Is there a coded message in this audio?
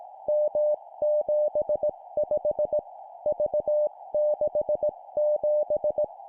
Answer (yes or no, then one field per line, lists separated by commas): yes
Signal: Morse code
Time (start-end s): 0.3-6.0 s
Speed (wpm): 18 wpm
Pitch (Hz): 600 Hz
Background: none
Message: M75 V67